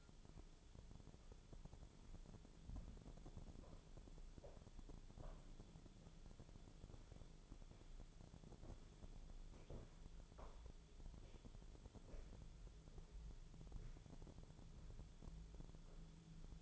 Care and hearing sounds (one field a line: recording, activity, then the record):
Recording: daily activity, microphone in the room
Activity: walk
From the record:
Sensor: 5